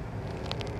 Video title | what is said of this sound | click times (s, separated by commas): Boost Istalation In Toyota Fortuner | udah masuk ini bisa diputar nah nah ini udah ngunci nih | 0.5 s